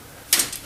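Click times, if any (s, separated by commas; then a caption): 0.3 s. A hard drive fitted with pin rails is slid into the drive bay of an Antec Three Hundred Two PC case until it latches. A sharp, bright click at 0.3 s is followed by a short scraping tail and a fainter tick near 0.6 s. The drive is seated in the bay.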